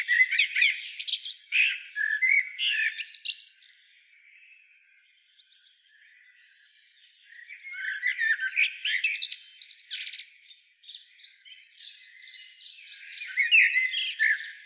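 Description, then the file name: Common blackbird uttering dense, scratchy, squeaky twittering notes in two bursts of about four and seven seconds, separated by a quiet gap. "Turdus merula"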